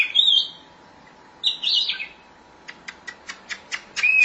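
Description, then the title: Oriental magpie-robin song: short high warbled phrases, then a rhythmic series of sharp clicks ending in a whistle. Chirping song. "Suara Kicauan Burung Kacer"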